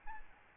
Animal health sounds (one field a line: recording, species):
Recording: mosquito wingbeat signal from an infrared sensor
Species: Aedes albopictus